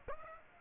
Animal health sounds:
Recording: mosquito wingbeat signal from an infrared sensor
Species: Aedes aegypti

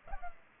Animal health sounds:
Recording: mosquito wingbeat signal from an infrared sensor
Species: Culex pipiens

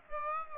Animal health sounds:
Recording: mosquito wingbeat signal from an infrared sensor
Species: Aedes aegypti

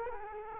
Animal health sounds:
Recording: mosquito wingbeat signal from an infrared sensor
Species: Culex quinquefasciatus

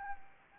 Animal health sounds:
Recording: mosquito wingbeat signal from an infrared sensor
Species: Anopheles gambiae

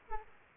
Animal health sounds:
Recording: mosquito wingbeat signal from an infrared sensor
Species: Aedes aegypti

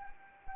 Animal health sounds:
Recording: mosquito wingbeat signal from an infrared sensor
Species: Anopheles arabiensis

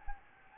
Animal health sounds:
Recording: mosquito wingbeat signal from an infrared sensor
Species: Anopheles gambiae

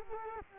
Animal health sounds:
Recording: mosquito wingbeat signal from an infrared sensor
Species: Culex quinquefasciatus

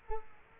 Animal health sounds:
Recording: mosquito wingbeat signal from an infrared sensor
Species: Culex quinquefasciatus

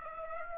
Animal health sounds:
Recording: mosquito wingbeat signal from an infrared sensor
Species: Aedes aegypti

